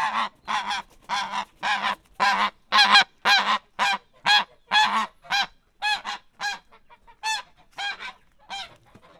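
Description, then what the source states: Domestic goose giving a steady run of harsh, nasal honks, roughly two per second, softening slightly near the end. Domestic goose in a farmyard.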